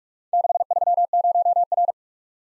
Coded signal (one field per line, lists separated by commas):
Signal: Morse code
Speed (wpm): 44 wpm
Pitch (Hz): 700 Hz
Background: none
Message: 630R